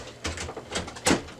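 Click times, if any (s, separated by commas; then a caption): 1.1 s. A new toner cartridge is slid along the guide rails into an HP LaserJet Pro M501 laser printer, making scraping and sliding sounds. It is pushed in until it clicks into place with a sharp click at 1.1 s, and the cartridge is seated.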